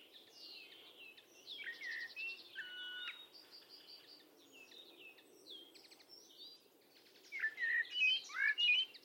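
Bird calls: chattering chirps, high notes and short trills, growing louder and busier in the final two seconds.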